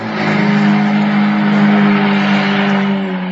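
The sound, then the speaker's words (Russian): An engine runs at a steady, even idle, its low droning hum holding a constant pitch with a faint rhythmic knock throughout, loud and unbroken with no voices. “Двигатель стучал так ровно, качало так уютно.”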